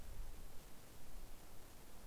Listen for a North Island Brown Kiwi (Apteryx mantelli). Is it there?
no